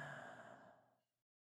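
A long breath sound from an adult, fading away over about a second.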